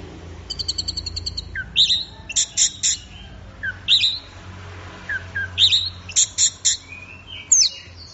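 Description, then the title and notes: Orange-headed thrush song opens with a fast rattling trill, followed by emphatic high chirps and slurred whistles in separated phrases, with a low background hum. Bird in full, intense song (gacor teler), used for training songbirds; Indonesian name anis merah. "Anis Merah Gacor Teler Untuk. Kumpulan Suara Burung Anis Offline"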